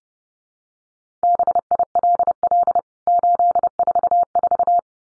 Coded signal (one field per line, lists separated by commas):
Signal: Morse code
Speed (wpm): 30 wpm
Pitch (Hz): 700 Hz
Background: none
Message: BILL 844